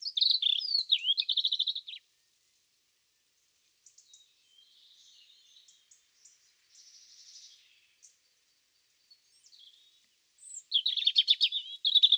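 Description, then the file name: European robin song: a rich trilled phrase, a pause with faint soft twittering, then another loud rattling trill near the end. "Erithacus rubecula"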